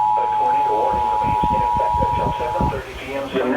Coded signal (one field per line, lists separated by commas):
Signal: Emergency Alert System (SAME) tones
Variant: 853 and 960 Hz attention tone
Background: speech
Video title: Tornado warnings EAS 124-128 NOAA weather radio fm radio tv